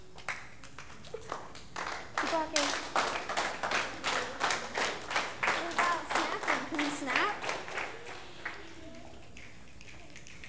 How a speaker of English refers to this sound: Let's see. Can you clap your hands?